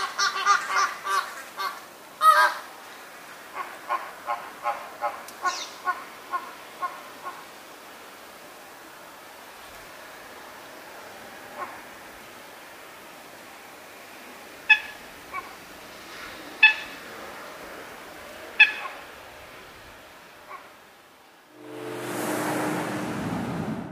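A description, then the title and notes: Sea lions call at a rookery, opening with a quick run of honking, barking calls over the first seven seconds. Scattered single barks follow, fairly bright, over a quiet background, before a rough rushing noise swells in the last few seconds. Galápagos Islands Nature Sounds. Galápagos Sea-Lion Rookery.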